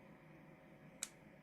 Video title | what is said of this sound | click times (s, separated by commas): Deals and Giveaways with DragonBloggers | there we go snapped into place right there | 1.0 s